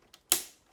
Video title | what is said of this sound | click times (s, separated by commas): Comment remplacer l'écran d'un Toshiba Satellite L50-B-1CD | donc ensuite on remet les cadres comme ça jusqu'à ce que sa clip on entend le bruit voilà | 0.3 s